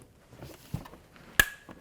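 A new plastic front grille for a 2009–2014 Nissan Maxima is pushed into the plastic bumper cover so its tabs line up with the cutouts. After a few soft handling taps and rustles, one sharp, loud snap at 1.4 s, with a brief high ring after it, marks a tab clicking into place, and the grille is seated.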